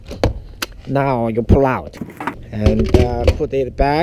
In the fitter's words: I hear click sound this is the one unlatch now